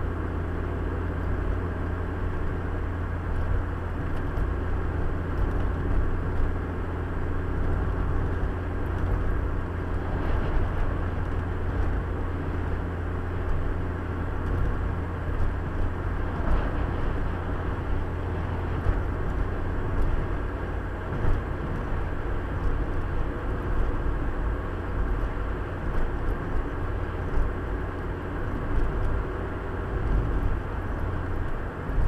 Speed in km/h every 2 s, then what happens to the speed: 79, 80, 80, 81, 81, 80, 80, 81, 81, 82, 82, 83, 83, 83, 84, 83.
0-32 steady at about 81.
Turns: none.